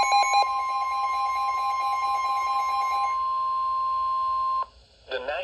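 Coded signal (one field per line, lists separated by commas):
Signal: Emergency Alert System (SAME) tones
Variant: 1050 Hz attention tone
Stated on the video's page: Quadruple SAME header, a tornado warning and three severe thunderstorm warnings, from a Columbus, Ohio weather radio station.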